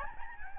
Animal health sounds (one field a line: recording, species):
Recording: mosquito wingbeat signal from an infrared sensor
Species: Aedes albopictus